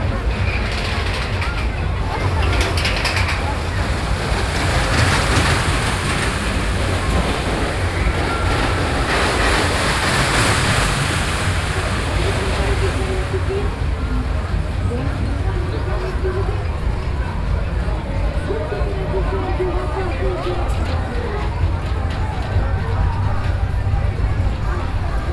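Crowd noise at the Foire du Trône funfair in Paris: a dense, steady mix of overlapping voices over a constant low rumble, like passing machinery. A bright hiss fills the first half, then fades around thirteen seconds, leaving voices and a few wavering tones.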